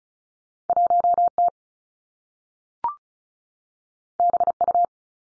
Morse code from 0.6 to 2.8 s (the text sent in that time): 1 T